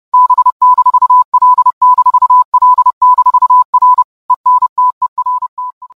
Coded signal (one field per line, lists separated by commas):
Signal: Morse code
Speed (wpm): 29 wpm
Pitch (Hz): 1000 Hz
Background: none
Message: B-L-L-R ENTERT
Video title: BLLR Entertainment MORSE OPENING